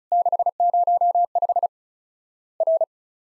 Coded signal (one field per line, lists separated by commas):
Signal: Morse code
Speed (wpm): 36 wpm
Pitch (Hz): 700 Hz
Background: none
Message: 605 R